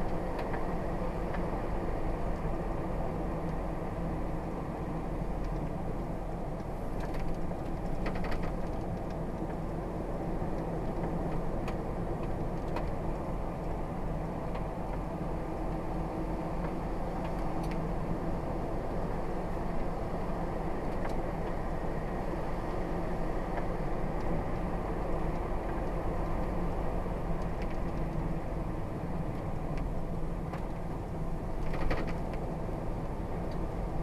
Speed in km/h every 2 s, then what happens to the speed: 48, 44, 44, 45, 50, 47, 45, 47, 48, 50, 53, 52, 50, 44, 37, 37, 42.
0-5 steady at about 44. 5-21 speeds up to 53. 21-28 slows to 37.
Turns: none.